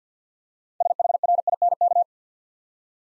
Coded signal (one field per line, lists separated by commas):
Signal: Morse code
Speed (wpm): 50 wpm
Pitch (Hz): 700 Hz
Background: none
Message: SHRINK